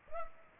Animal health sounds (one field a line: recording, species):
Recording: mosquito wingbeat signal from an infrared sensor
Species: Culex pipiens